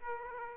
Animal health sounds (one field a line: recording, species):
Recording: mosquito wingbeat signal from an infrared sensor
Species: Aedes aegypti